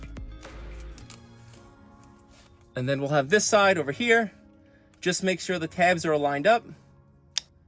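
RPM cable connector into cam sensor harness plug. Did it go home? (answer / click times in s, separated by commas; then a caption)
yes / 7.4 s. The other side of an RPM cable connector is joined to a cam sensor harness plug with the tabs aligned, and it snaps in with a sharp click at 7.4 s. Before that, there are faint handling noises and low background music, and someone talks from about 2.8 s to 6.7 s.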